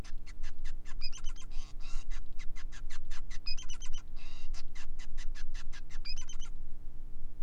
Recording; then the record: song of a male Bengalese finch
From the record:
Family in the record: son of father 5